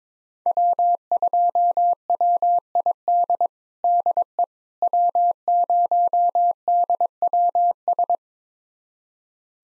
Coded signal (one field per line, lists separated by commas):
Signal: Morse code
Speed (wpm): 21 wpm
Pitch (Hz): 700 Hz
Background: none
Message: W2WID DE W0DWS